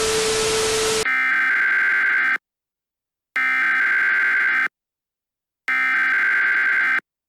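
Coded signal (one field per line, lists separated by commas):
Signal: Emergency Alert System (SAME) tones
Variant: header bursts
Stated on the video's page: Fictional EAS scenario, a simulated alert.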